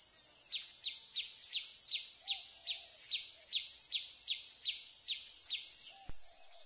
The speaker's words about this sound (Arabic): حتى العصفور، العصفور الصغير، أصبح يعرف الحكاية فيصيح معترضا. ولكن هل يسمع الإنسان صرخة عصفور؟